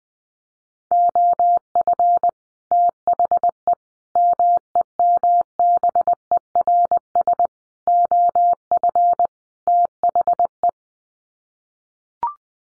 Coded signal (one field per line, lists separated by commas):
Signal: Morse code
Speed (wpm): 20 wpm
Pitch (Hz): 700 Hz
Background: none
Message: OF THE MEMBERS OF THE